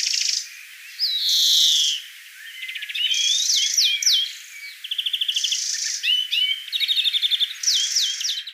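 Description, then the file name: European greenfinch singing: a long drawn-out buzzy wheeze, then rapid rattling trills and twittering notes in a near-continuous stream. "Chloris chloris"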